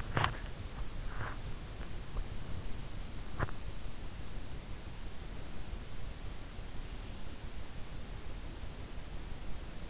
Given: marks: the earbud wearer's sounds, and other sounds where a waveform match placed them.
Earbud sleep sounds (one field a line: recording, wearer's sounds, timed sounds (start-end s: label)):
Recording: sounds in sleep by an in-ear microphone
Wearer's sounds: body movement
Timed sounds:
0.00-1.62 s: body movement
3.25-3.70 s: body movement